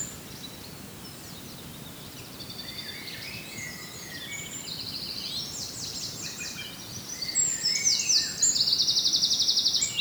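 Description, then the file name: Birds singing: scattered high chirps and brief trills build into louder, fast buzzy trilling in the last three seconds, with several birds overlapping above gentle background hiss. "birds singing far sheeps"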